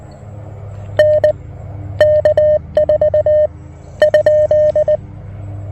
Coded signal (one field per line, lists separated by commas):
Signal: Morse code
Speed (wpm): 20 wpm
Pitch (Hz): 610 Hz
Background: none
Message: N K4 ?